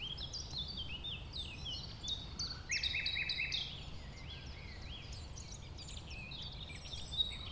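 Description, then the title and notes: Common nightingale song: varied phrases including a quick series of repeated notes in the middle, over steady background noise. A nightingale that settled with a few others on the banks of a stream forming a pond, 1500 m from the A20 road, recorded around 8 am on Sunday 12 April. "un rossignol venu avec quelques autres s'installer sur les rives d'un ruisseau formant un étang à 1500 mètres de l'A 20. Ces moments ont été enregistrés vers 8h le dimanche 12 avril."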